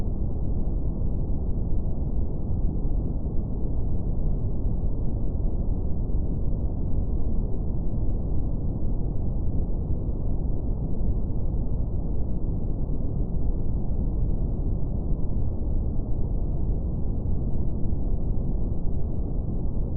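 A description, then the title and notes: Brown noise runs unchanged for the full twenty seconds, a dense, deep rumble weighted heavily toward the low end. Nothing bright sits above it; the top is cut off cleanly. Level stays perfectly even, with no events or background sounds. Brown Noise.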